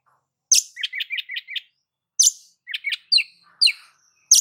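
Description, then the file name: Oriental magpie-robin song with harsh high notes followed by quick runs of short chirps and a few whistled notes, delivered in spaced bursts. "Suara-Kacer-Versi-7"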